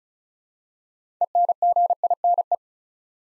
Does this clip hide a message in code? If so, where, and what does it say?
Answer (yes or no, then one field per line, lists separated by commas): yes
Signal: Morse code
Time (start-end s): 1.2-2.5 s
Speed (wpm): 36 wpm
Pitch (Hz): 700 Hz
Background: none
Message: ENGINE